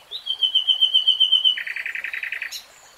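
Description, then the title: Nightingale song: a series of clear whistled notes followed by a fast run of lower repeated notes, ending with a sharp click. Nightingale singing, from a three-hour real-time recording. "[Tiếng chim hót] 3 Hours REALTIME Nightingale Singing"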